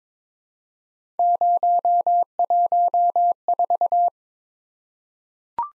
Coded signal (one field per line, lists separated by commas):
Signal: Morse code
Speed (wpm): 23 wpm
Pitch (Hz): 700 Hz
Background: none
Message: 014